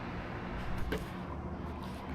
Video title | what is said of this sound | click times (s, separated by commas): 🟢 Ajopäiväkirja: Škoda Enyaq RS 85x - Lahti–Levi–Lahti - Osa 2: Kuusamon helmet - English subtitles | From there, you can hear a click | 0.9 s